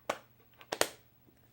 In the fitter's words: okay? Can you hear the snap?